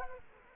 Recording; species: mosquito wingbeat signal from an infrared sensor; Culex quinquefasciatus